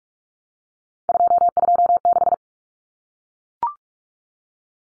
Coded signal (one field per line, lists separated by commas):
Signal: Morse code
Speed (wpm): 44 wpm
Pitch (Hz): 700 Hz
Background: none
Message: 226